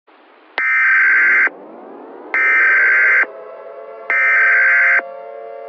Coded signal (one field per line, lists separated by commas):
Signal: Emergency Alert System (SAME) tones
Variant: header bursts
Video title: IT: The EAS Scenario